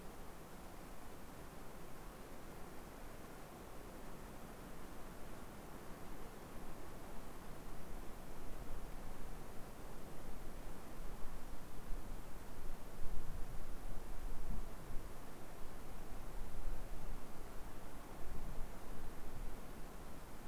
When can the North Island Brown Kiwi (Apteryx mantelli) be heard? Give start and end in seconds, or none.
none